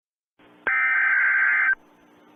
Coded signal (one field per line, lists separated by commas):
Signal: Emergency Alert System (SAME) tones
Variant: header bursts